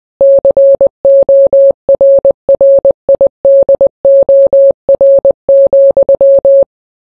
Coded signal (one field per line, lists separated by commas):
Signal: Morse code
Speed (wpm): 20 wpm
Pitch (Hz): 550 Hz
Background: none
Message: CORRIDOR,